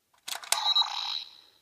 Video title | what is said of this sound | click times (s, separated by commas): Dino Charge DX Morpher Review | hear it click and you'll hear it make a noise so | 0.5 s